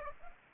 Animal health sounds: mosquito wingbeat signal from an infrared sensor; Aedes aegypti

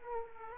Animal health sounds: mosquito wingbeat signal from an infrared sensor; Aedes aegypti

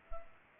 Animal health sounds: mosquito wingbeat signal from an infrared sensor; Culex pipiens

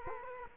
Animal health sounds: mosquito wingbeat signal from an infrared sensor; Culex quinquefasciatus

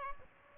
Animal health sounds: mosquito wingbeat signal from an infrared sensor; Aedes albopictus

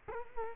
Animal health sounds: mosquito wingbeat signal from an infrared sensor; Culex quinquefasciatus

